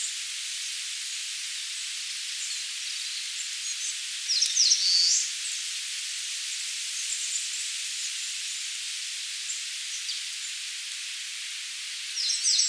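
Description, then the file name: Eastern crowned warbler song: a high, buzzy phrase midway and another at the very end, with faint high notes scattered elsewhere, through constant background hiss. "Phylloscopus coronatus"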